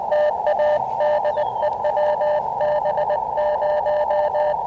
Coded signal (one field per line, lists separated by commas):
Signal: Morse code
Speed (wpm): 20 wpm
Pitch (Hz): 600 Hz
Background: none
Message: TA DE WB0